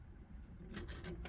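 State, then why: Seated. A desktop RAM memory module is lined up in a motherboard DIMM slot and pressed down, with soft handling noise and broadband scraping building from about 0.7 s. Sharp snaps at 1.1 s and 1.3 s mark the side retention tabs clicking into place, and the stick is seated.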